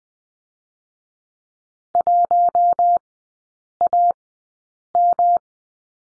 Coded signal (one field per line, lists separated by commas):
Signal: Morse code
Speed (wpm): 20 wpm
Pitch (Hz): 700 Hz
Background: none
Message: 1AM